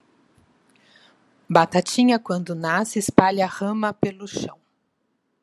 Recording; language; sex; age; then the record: short text; Brazilian Portuguese; female; 50 to 59 years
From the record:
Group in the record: control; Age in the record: 55 years